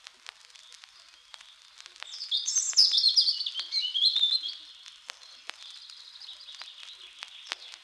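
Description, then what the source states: European Robin song: one sweet, high, tumbling phrase of silvery warbled notes lasting about two and a half seconds, surrounded by faint clicks and crackle. Sings from the top of a small spruce, sunlight on its rusty-red breast; in the evening its song keeps sounding long in the quickly quietening forest.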